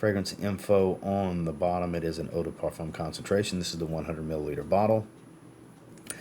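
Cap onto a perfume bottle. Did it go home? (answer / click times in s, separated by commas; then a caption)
yes / 6.1 s. Someone talks about a 100 ml glass bottle of Hermès H24 Herbes Vives (2024) eau de parfum, then presses the cap back onto it. After the talk stops, a faint tick at 6.0 s leads into a sharp, brief click at 6.1 s as the cap snaps into place, the same way the caps on the rest of the line do.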